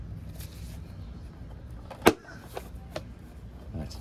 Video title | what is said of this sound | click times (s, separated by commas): Goldwing - Timing Belts - GL1500 Interstate | nice nice little audible pop all right | 3.0 s